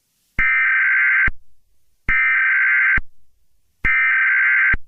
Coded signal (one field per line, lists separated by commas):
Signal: Emergency Alert System (SAME) tones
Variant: header bursts